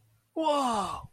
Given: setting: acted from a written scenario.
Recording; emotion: vocal sound without words; positive surprise